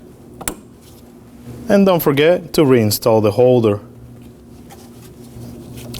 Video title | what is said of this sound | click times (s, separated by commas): How to Replace High Pressure Fuel Pump 2014-2020 Acura MDX 3.5L V6 | Push it in until you hear the click. | 0.5 s